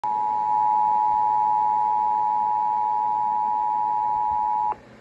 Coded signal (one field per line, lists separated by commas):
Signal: Emergency Alert System (SAME) tones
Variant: 853 and 960 Hz attention tone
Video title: EAS: Flash Flood Warning on WMIT-FM #9